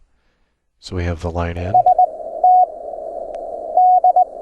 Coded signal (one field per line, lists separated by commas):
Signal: Morse code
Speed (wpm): 20 wpm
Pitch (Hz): 730 Hz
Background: speech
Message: S T D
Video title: Morse Code QSO over the internet - software setup - config 16 - (all ASIO apps)